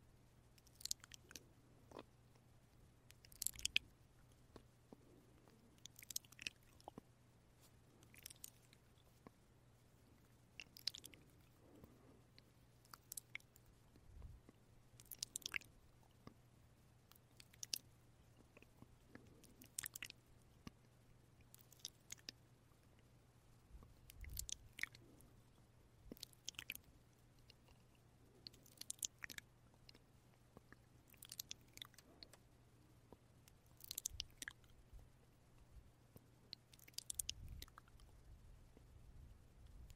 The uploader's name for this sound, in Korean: 입소리와 뽀뽀소리